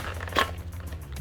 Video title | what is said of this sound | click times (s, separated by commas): Complete PRS Rifle Build! - MDT XRS - Step by Step Guide | clicks into place as it should do | 0.4 s